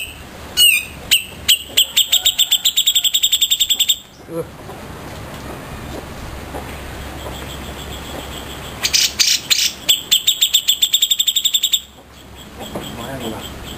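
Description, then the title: Grey-cheeked bulbul delivering two bursts of rapid, high, evenly spaced chirps, each lasting a few seconds, separated by a quieter gap. Song used to train cage birds. "Cucak Jenggot Masteran Durasi Panjang"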